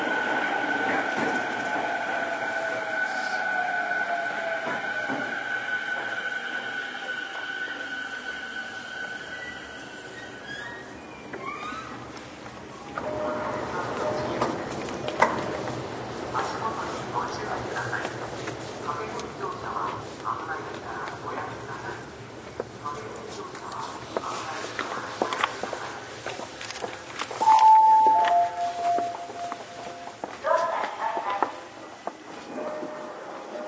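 A Toei 10-300 series train on its run toward Takaosanguchi, with steady rolling rumble and rattle throughout. In the first ten seconds sustained whining tones sound over the running noise. Near 28 seconds a brief bright chime or beep rings out, with faint voices in the background.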